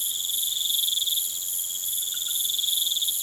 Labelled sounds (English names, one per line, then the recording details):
none
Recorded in pastures near Puerto Asís, Putumayo, Colombia, on 23 June 2025 at 20:30
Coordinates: 0.486, -76.323
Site H29